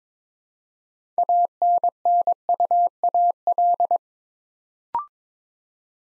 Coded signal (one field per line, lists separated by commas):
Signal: Morse code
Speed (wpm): 22 wpm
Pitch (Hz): 700 Hz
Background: none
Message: ANNUAL